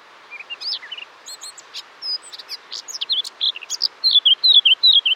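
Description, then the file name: Eurasian blackcap song: a quick, varied scratchy warble rising in volume and ending in a run of loud, clear, repeated whistled notes. "Sylvia atricapilla"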